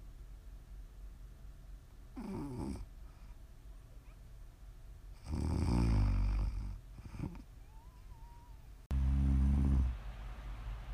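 Low rumbling snores come in bursts around two, six and nine seconds, separated by quiet breathing and faint noise.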